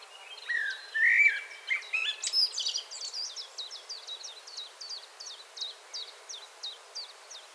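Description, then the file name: Common blackbird song, one rich whistled phrase dissolving into thin squeaks, followed by a neighbouring bird's regular high repeated notes. "Turdus merula"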